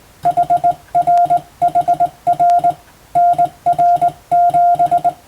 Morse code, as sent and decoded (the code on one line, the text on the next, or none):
.... .-. .... .-. / -. .-. --...
HRHR NR7